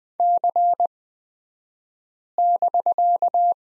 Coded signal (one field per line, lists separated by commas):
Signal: Morse code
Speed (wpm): 20 wpm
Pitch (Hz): 700 Hz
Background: none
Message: C<BK>